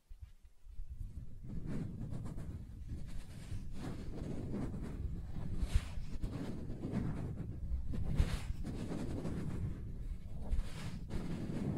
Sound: Soft Tracing on Smooth and Rough Surfaces